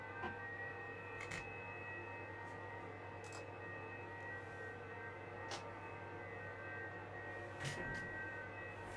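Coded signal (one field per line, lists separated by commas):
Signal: FT8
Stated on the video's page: FT8 on HF during a solar storm with challenging conditions.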